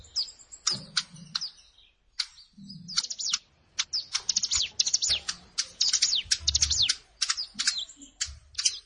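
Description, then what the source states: Plain prinia song: bright high chirps and clicking notes in busy bursts after a short quiet start, with faint low rumbling underneath. Recorded in a rice field (sawah).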